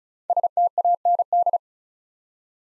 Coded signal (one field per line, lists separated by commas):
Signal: Morse code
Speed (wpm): 36 wpm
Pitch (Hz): 700 Hz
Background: none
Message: STAND